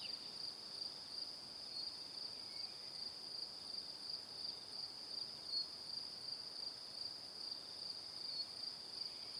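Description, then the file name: A dense, high-pitched cricket chorus hums almost unbroken, with faint pulsing throughout. Evening. "Calm - Evening Crickets"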